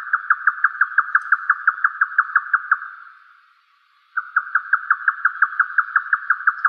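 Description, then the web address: Grey nightjar producing a steady machine-like series of knocking notes, a pause of about a second and a half, then another fast run of the same notes. "yotaka"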